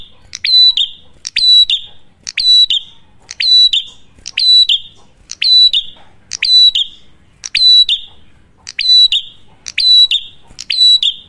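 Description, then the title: Prinia song: loud, metallic chirps with a brief descending slur, given evenly about once per second throughout. Loud duet of two prinia types, Cililin and Kapas Tembak, used for luring wild birds or training cage birds. "Masteran Duet Cililin Vs Kapas Tembak. Prenjak Gacor. Ngalun Kencang, Ampuh Banget Buat Pikat Ataupun Masteran"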